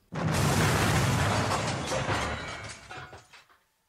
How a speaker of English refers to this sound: The triple explosion that followed was huge, and it killed 22 people and injured another 800.